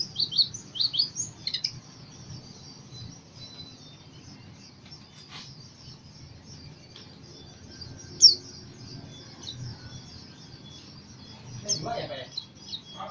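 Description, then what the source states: White-eye song: a quick burst of thin, high twittering notes at the start, then sparse faint high chirps over a steady low hum. Called pleci, from East Java (jatim), described as 'macok'.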